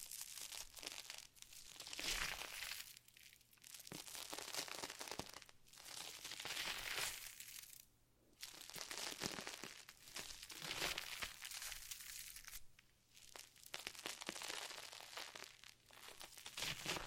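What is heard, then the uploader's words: Slime is squeezed and pressed, giving wet crinkling and squelching bursts in waves every couple of seconds, with brief quiet gaps near 8 and 13 seconds. Small pops and clicks punctuate the texture, and a faint low hum runs underneath. Satisfying ASMR Slime To Cause Your Tingles ~No Talking.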